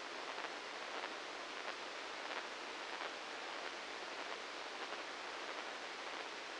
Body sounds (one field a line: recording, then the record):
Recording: brain microelectrode recording played as sound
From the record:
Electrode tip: inside the subthalamic nucleus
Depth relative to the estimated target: -2 mm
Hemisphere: left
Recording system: NeuroSet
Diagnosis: Parkinson's disease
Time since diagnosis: 15 years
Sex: male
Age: 65 years